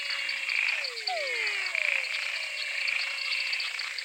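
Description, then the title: Frogs calling in chorus: a few downward-sliding whistles early on, then steady high trills and pulses from many callers. Frog chorus recorded in Mato Grosso. "Choeur de grenouilles (Mato Grosso)"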